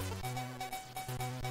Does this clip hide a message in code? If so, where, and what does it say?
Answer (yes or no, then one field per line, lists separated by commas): no